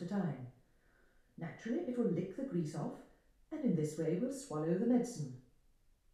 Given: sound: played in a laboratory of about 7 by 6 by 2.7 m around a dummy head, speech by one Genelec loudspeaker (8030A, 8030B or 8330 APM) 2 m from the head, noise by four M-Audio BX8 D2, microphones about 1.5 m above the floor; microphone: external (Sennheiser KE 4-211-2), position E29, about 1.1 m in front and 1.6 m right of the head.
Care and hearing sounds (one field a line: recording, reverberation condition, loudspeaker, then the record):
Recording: female speech in English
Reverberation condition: medium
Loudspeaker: 90 degrees to the right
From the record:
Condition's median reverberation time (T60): about 510 ms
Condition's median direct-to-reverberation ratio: about -0.5 dB